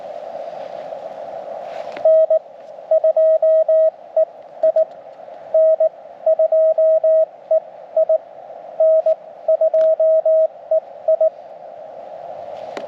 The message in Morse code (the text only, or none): N2EI N2EI N2EI